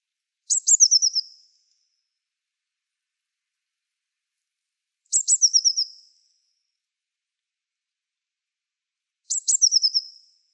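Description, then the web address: Bird calling three times: each burst is a fast run of high, descending chipping notes, separated by three to four seconds of silence. "cianscape. Deverinetal"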